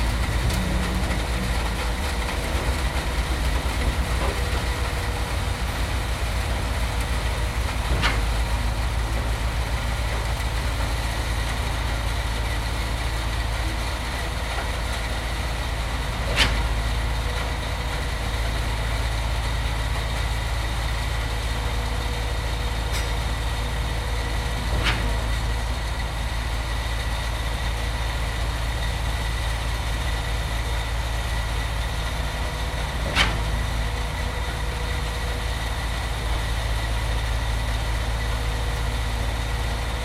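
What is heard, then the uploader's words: A foundation is being poured, with a steady, heavy engine drone like an idling truck running throughout and a strong low rumble underneath. Sharp clanks or knocks punctuate it every few seconds, near 8, 16, 25 and 33 seconds, while the overall level stays even. Sounds of a foundation being poured.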